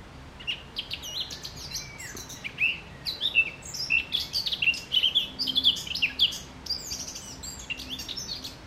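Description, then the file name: Eurasian blackcap song rising from scattered notes into a rich, quick warble of whistles and twitters that carries on to the end. "Sylvia atricapilla"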